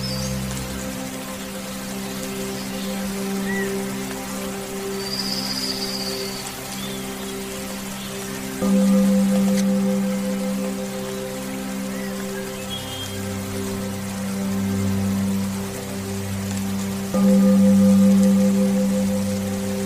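Meditation music with soft rain sounds: steady held tones ring throughout, with a low drone underneath that swells and shifts around 12 seconds. The music grows louder at about 9 and 17 seconds as new sustained notes enter, while a light rainy hiss continues over everything.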